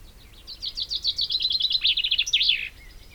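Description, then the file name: Common chaffinch song: a quick run of bright, descending chipping notes ending in a sharp, downslurred flourish, about two seconds long. "Fringilla coelebs"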